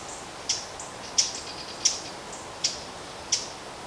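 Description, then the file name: Eurasian blackcap gives five sharp, dry tack notes, each a hard click, spaced roughly every half to one second over soft background hiss. "Sylvia atricapilla"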